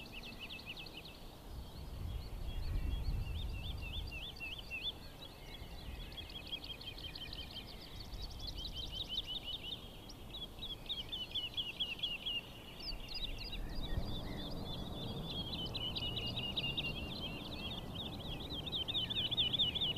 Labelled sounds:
Wood Lark flight song

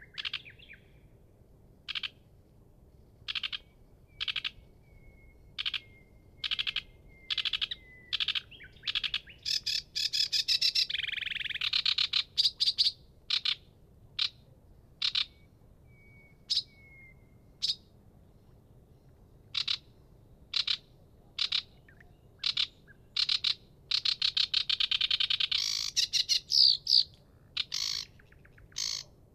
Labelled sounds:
Sedge Warbler song

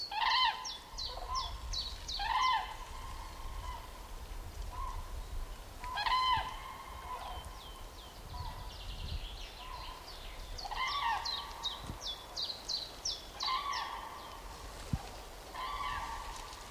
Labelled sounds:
Common Chiffchaff song

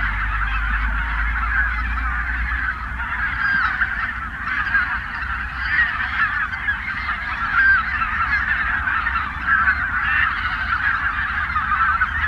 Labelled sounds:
Greater White-fronted Goose call

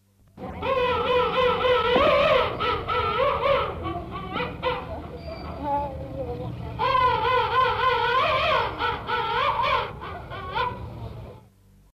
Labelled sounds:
King Penguin call

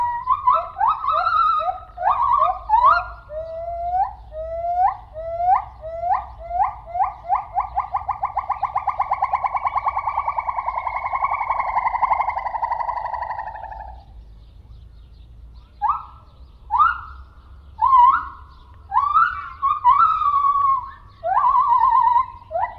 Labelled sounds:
Lar Gibbon

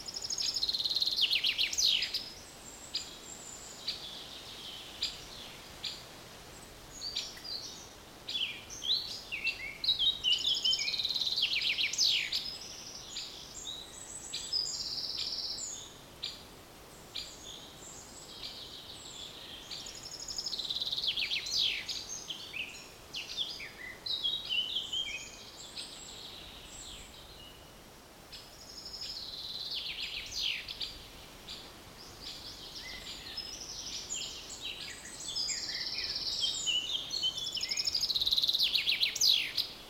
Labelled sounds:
Common Chaffinch

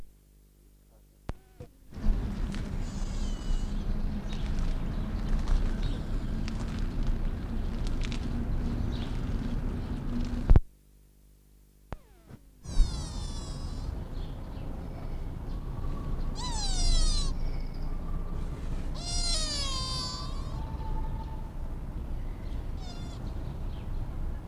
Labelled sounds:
Sika Deer call

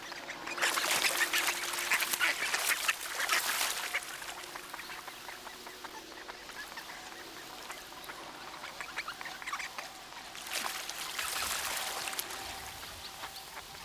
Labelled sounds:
Mallard

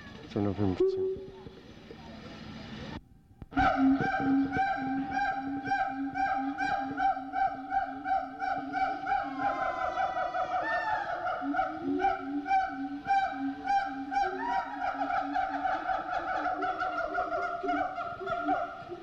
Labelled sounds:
Siamang

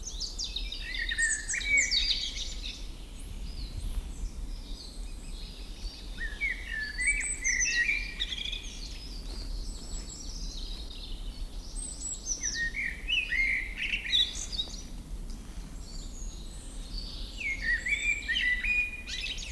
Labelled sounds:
Common Blackbird song

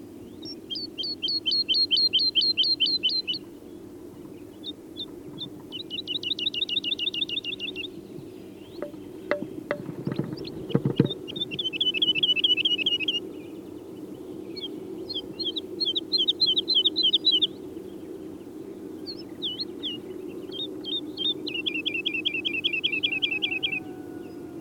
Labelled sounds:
Wood Lark song

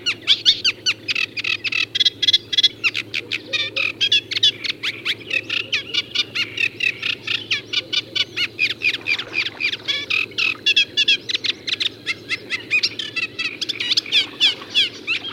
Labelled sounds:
Eurasian Reed Warbler song

